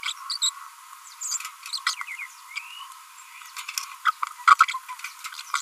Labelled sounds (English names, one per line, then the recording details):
Green-rumped Parrotlet babbling
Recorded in a nest box in Venezuela
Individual 18B25A3